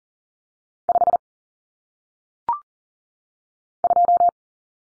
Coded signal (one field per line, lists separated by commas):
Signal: Morse code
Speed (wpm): 39 wpm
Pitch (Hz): 700 Hz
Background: none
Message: 5 2